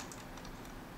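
A small metal e-clip is worked with pliers onto a shaft next to a collar during a Tamiya High Lift 4x4 RC truck transmission build. Soft, steady handling noise carries through the clip, with a brief faint tick around 0.1 s. Nothing has seated or clicked yet; the clip is not yet snapped into its groove.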